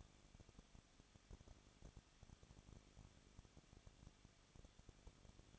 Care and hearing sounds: daily activity, microphone in the room; no activity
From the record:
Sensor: 4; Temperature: 23.0 degrees Celsius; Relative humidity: 34.0%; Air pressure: 1007.3 hPa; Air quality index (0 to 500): 215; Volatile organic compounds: 14 ppm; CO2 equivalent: 2475 ppm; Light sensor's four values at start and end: 2/3/1/1 and 2/3/1/1

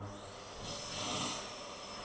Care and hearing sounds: daily activity, microphone in the room; vacuum cleaning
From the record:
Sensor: 4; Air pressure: 1000.1 hPa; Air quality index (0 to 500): 232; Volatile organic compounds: 32 ppm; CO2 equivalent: 2992 ppm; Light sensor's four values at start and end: 9/21/8/8 and 9/21/8/8

